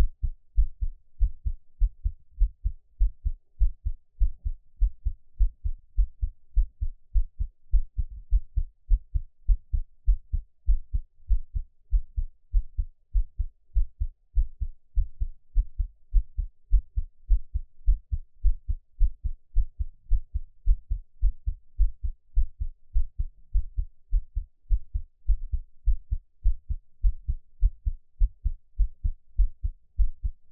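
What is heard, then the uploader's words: A heartbeat thuds steadily through all thirty seconds, each beat a soft, deep double pulse at roughly one per second, with an even, unhurried rhythm. The sound is very low and muffled, with near silence between beats. 獻上我的心跳 | Give my Heartbeat.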